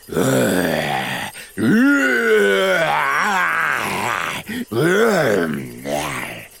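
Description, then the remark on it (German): A voice imitates a lion roaring mightily: three loud, drawn-out growling roars with rising and falling pitch, separated by brief breaths, with no other sound around them. “Der Löwe stößt ein mächtiges Gebrüll hervor.”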